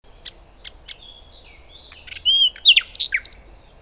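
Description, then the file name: Common nightingale singing: soft spaced clicks and a thin high whistle, then loud rapid whistled and chirping notes that end the phrase. "Luscinia megarhynchos"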